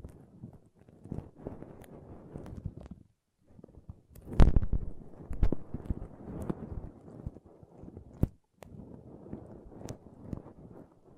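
Pom pom tingles: soft, fluffy rustling and brushing in short bursts, separated by brief silences near three and eight and a half seconds. Scattered light taps and clicks punctuate it, the sharpest just past four seconds, where the sound briefly swells loudest.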